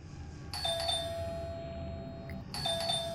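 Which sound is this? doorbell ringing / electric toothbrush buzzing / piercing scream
doorbell ringing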